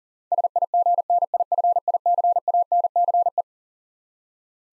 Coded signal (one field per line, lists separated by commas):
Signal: Morse code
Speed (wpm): 37 wpm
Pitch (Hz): 700 Hz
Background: none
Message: SIGNIFICANCE